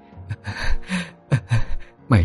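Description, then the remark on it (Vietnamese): The senior wife, just escaped from the hands of death, pants heavily, about six ragged, breathy gasps in quick uneven succession, some with a rough voiced edge, fairly loud with brief pauses between them. “Bà cả như vừa thoát khỏi bàn tay của tử thần, thở lên hồng hộc”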